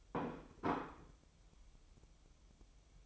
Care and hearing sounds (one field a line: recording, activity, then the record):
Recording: daily activity, microphone in the room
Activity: place plate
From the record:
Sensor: 1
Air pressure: 988.6 hPa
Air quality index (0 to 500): 197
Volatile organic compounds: 937 ppm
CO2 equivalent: 5235 ppm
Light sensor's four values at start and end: 25/93/35/36 and 25/93/35/36